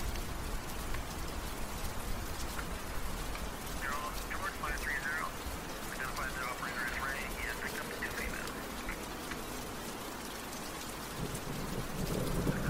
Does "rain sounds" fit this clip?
yes